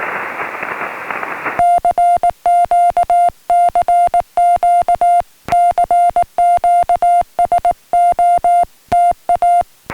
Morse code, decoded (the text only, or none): CQ CQ CQ SOTA